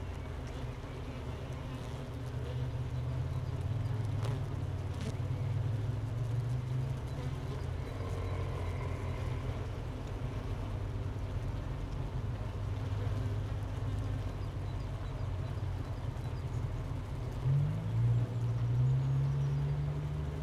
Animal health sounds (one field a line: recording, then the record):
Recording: honeybee colony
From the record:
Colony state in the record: missing queen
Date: 31 May 2018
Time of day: 12:55